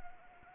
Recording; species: mosquito wingbeat signal from an infrared sensor; Anopheles arabiensis